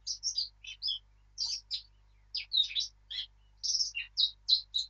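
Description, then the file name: Eurasian blackcap song: a fast, varied warble of sweet chirps and short fluty phrases, delivered in quick bursts with brief pauses, no other sounds. "Sylvia atricapilla"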